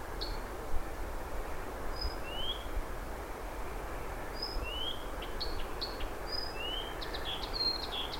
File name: Blyths Reed Warbler